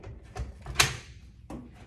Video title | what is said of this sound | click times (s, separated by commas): Dell 27" monitors Dual setup | click it in a satisfying click like before | 0.8 s